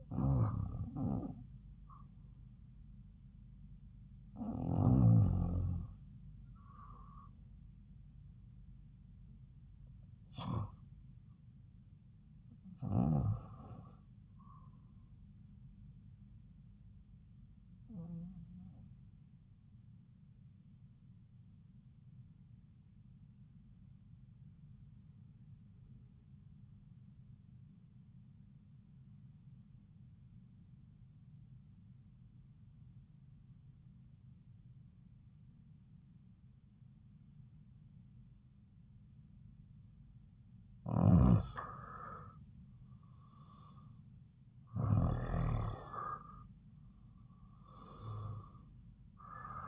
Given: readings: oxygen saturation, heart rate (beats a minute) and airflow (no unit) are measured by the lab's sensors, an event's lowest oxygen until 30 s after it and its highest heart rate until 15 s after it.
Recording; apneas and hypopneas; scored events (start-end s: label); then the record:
breathing in sleep by a smartphone at the bedside; 1
22.00-40.60 s: obstructive apnea (REM, oxygen 95% highest, then 86% lowest)
From the record:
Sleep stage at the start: REM sleep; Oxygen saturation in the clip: 90 to 96%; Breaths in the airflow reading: 7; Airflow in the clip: -7.7 to 8.7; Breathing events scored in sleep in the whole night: 270 in 6.1 hours asleep